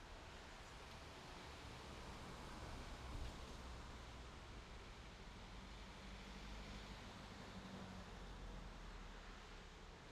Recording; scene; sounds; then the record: everyday scene through a hearing-aid microphone; in traffic; traffic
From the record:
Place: main road on the outskirts, rush hour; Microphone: in the ear canal, left